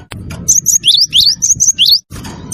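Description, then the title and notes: Bird chirps in a fast run of high, sweeping notes, then a brief pause and one more chirp, over low background noise. Melodious bird sound used as a phone ringtone. "ND Burung. Nada Dering Burung Dengan Suara Merdu"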